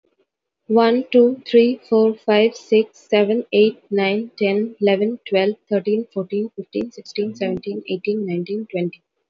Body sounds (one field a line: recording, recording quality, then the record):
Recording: counting at a fast pace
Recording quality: excellent, no background noise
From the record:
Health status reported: healthy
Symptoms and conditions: none ticked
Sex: female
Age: 28 years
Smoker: not ticked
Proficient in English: yes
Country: India